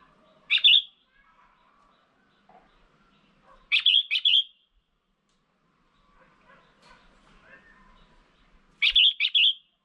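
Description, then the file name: Red-whiskered bulbul giving three bright chirpy phrases a few seconds apart against an otherwise quiet background. Female bird. "Tieng chao mao mai"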